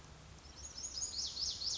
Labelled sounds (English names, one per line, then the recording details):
Pacific Wren
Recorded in Sonoma County, California